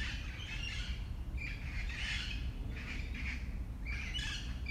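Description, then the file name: Parakeet calling with several raspy, rough screeching bursts, low rumble underneath. "FR-3 Parakeets"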